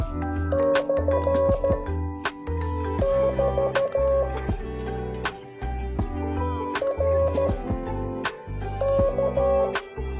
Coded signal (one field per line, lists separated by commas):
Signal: Morse code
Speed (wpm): 13 wpm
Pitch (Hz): 550 Hz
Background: music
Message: / <BT> R K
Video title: Let's enjoy Morse code!#モールス #morse #モールス信号 #morsecode